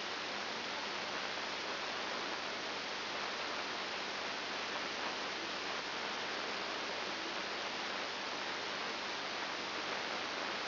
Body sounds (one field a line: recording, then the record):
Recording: brain microelectrode recording played as sound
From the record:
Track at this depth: inside the subthalamic nucleus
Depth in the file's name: 5.901 mm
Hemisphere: left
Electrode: 2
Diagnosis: Parkinson's disease